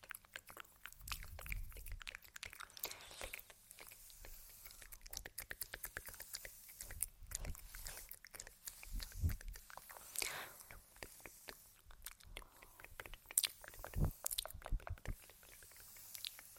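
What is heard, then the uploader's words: Mouth sounds with face touching and tapping: a dense run of short, crisp wet clicks and smacks, irregular but nearly continuous for the whole clip. Louder, fuller bursts land around 1, 7, 9 to 10 and 14 seconds, with a low rumble under some. Sleepy Mouth Sounds, Face Touching, Tapping.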